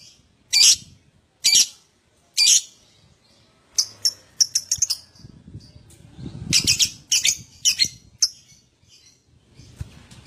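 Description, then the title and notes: Lovebird calls: three loud harsh shrieks, then a scatter of short high chips and squeaks, with faint low rustling underneath. Adult lovebird; song described as gacor owor owor. "LOVEBIRD GACOR OWOR OWOR. Lovebird Dewasa"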